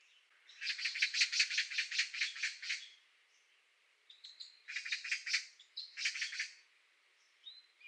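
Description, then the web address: Bird calling in fast, scratchy trills: one long burst, a pause, then two shorter bursts of rapid high notes. "cianscape birddata Deverinetal"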